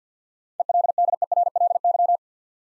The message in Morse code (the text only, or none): ELDERLY